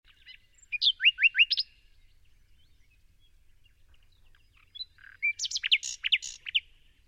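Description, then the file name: Common nightingale song: two bursts of rapid, repeated down-slurred whistled notes separated by a few seconds of quiet, the second phrase richer and higher. "Luscinia megarhynchos"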